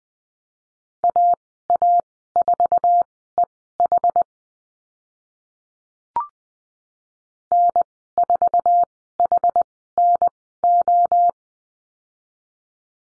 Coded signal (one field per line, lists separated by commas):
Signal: Morse code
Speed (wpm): 20 wpm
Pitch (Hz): 700 Hz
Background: none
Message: AA4EH N4HNO